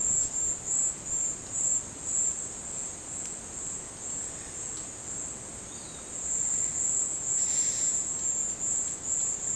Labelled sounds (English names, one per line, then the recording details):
none
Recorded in dense forest near Puerto Asís, Putumayo, Colombia, on 22 December 2024 at 10:30
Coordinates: 0.466, -76.327
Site G075